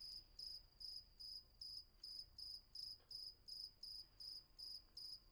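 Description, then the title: Cricket chirps come in a steady rhythm of short buzzy bursts, nearly three per second. Night ambience on Patmos, Vagia, Greece; recorded with a Fostex FR-2 and an MKH800 microphone. "Patmos, Vagia, Griechenland - Nachtsimmung 03, Grillen"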